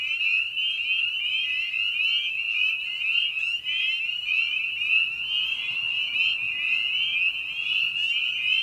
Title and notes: Night of the Peepers. Species in Focus: Spring Peeper (Pseudacris crucifer). Ian Carlsen